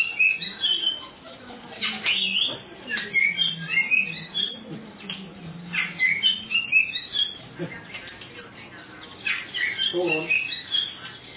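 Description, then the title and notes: Oriental magpie-robin song: varied, rich whistled phrases and trills with some harsher notes, delivered in bursts with short pauses, over a faint low hum. "suara kacer. kumpulan suara burung kacer"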